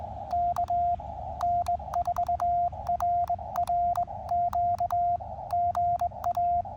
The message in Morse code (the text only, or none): KN4RRQ GA